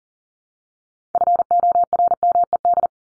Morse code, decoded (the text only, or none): FORMED